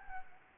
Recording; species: mosquito wingbeat signal from an infrared sensor; Anopheles gambiae